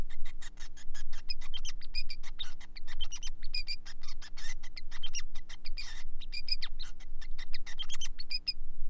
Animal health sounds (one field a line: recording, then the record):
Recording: song of a male Bengalese finch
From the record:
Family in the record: son of father 5